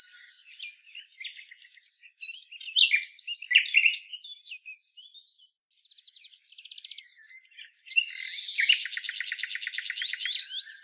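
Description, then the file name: Common nightingale song with jumbled twittering phrases, a brief silence, then a long loud rapid trill of repeated clicking notes. "Luscinia megarhynchos"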